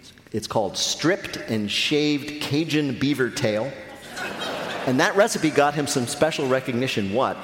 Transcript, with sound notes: It's called "Stripped And Shaved Cajun Beaver Tail."
(LAUGHTER)
And that recipe got him some special recognition.